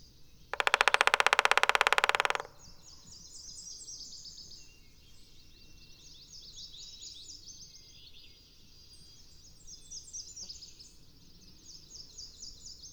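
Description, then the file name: Black-backed woodpecker drums once in a quick, even roll of about two seconds, followed by a long stretch of thin, high chattering calls. "Black backed Woodpecker Picoides arcticus"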